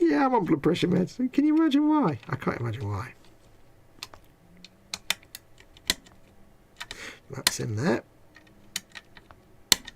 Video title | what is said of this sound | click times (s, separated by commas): FANHOME 1:3 Iron Man Mk. III Armour Partwork Issues 51-62 STREAM ARCHIVE | The little click of the screwdriver bouncing, which tells me it's in tightly as it's going to go. | 9.7 s